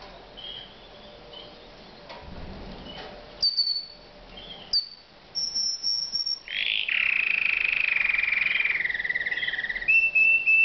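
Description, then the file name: Canary song: quiet, scattered high notes at first, then a loud sustained whistled trill that slowly falls in pitch, followed by short high notes at the end. "Uccello Canarino"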